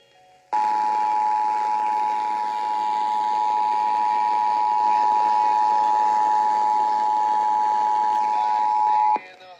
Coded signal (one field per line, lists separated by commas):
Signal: Emergency Alert System (SAME) tones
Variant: 853 and 960 Hz attention tone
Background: speech